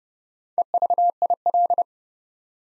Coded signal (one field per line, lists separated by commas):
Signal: Morse code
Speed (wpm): 28 wpm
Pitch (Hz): 700 Hz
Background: none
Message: EVIL